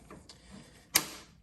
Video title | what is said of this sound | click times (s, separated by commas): 2022 Ford Maverick Bed Extender. How easy is the install?! | there you go, snap in. | 1.0 s